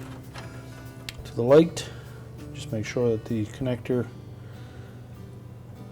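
An inline wire harness connector in a GE dryer's heater circuit is handled and pushed together while the heater and thermostat switches are rewired, as someone talks over background music. The connector has not locked in place yet, and nothing has seated or clicked by the end of the clip.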